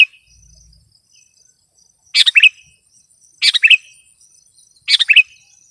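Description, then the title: Sooty-headed bulbul singing three short rapid-note phrases spaced over a second apart, with faint high whining tones. "kutilang"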